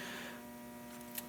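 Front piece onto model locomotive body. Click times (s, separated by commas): 1.2 s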